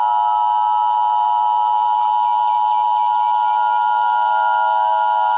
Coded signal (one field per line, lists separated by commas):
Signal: Emergency Alert System (SAME) tones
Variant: 853 and 960 Hz attention tone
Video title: EAS Scenario The Beatle From My Nightmare